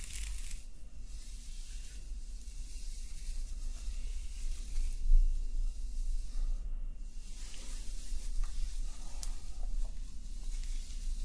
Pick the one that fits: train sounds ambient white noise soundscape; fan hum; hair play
hair play